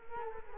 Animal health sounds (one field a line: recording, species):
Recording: mosquito wingbeat signal from an infrared sensor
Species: Culex quinquefasciatus